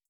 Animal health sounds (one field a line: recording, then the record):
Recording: hydrophone in a shrimp aquaculture tank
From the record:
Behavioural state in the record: starved